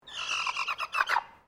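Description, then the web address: Koeyoshi chicken giving a loud, frantic squawk that starts as a drawn-out cry, then breaks into several quick, harsh, choppy bursts before fading out. Panicked. "Sound Effects-Foundation 1 BIRD CHICKEN KOEYOSHI PANICKED"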